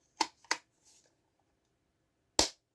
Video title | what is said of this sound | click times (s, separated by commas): 18. Gant Thanos N°19 | Ah, voilà. Là, oui. On a entendu le clic. | 2.4 s